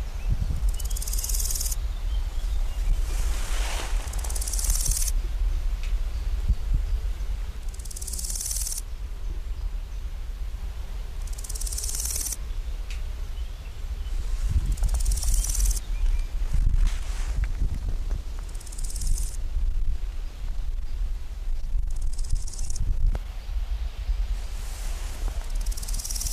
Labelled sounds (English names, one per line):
Large Gold Grasshopper stridulation